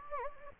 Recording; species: mosquito wingbeat signal from an infrared sensor; Anopheles gambiae